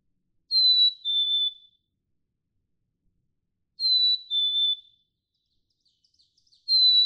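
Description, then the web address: Black-capped chickadee song: two full whistled phrases, high note then lower note, about three seconds apart, followed by faint ticks and the start of another. "birdsongforthecurious Black-capped Chickadee"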